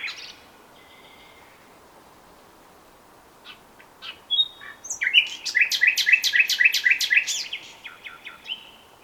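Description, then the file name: Common nightingale song: a brief opening phrase and a quiet spell, then a loud burst of rapid, repeated chattering notes and trills, followed by softer clipped notes. "Luscinia megarhynchos"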